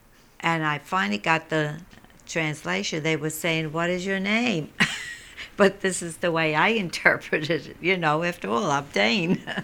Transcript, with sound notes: And I finally got the translation. They were saying, "What is your name?" ( she laughs ) But this is the way I interpreted it. You know, after all, I'm a Dane.